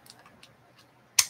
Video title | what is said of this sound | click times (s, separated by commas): TRRS #1570 - Quansheng Dual Band Radio - Intro | snaps right in when you do it right okay | 1.2 s